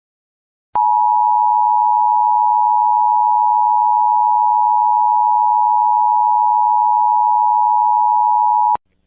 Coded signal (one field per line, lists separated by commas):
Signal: Emergency Alert System (SAME) tones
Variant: 853 and 960 Hz attention tone